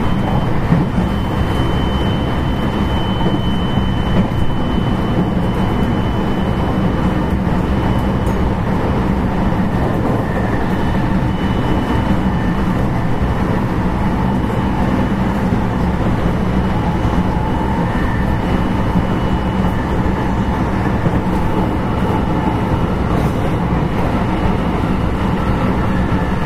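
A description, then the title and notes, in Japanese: Steady interior running noise of an electric train, a dense low rumble with faint whining tones drifting higher midway, no breaks throughout. JR223系 新快速 新大阪から京都まで。JR西日本 223系電車の走行音です。JR京都線の新快速列車にて収録しました。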